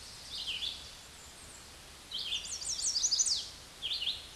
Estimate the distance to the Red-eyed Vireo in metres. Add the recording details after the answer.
about 25 m. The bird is about 15 m above the microphone. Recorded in a Pennsylvania forest on 16 May 2024 at 08:17. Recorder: AudioMoth, point MSD-2258. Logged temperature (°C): 15.2 °C. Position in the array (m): 166 m, 69 m